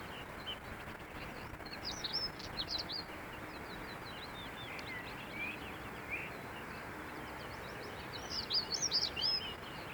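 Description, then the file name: European stonechat song: short scratchy high warbled phrases near 1.6–3 seconds and again around 8.5–9.5 seconds, with softer twittering between, over steady low rumbling background noise. Recorded 16 May 2013 on the Fröttmaninger Heide heathland near Munich, Germany. "Schwarzkehlchen. Froettmaninger Heide. Daniel Honold"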